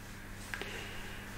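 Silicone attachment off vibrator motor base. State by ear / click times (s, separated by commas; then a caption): released / 0.5 s. A silicone attachment is released from a vibrator's motor base by pressing its two notches, marked with small arrows. A sharp click sounds at 0.5 s as it unclips, followed by a second, fainter click at about 0.6 s against a low steady hum.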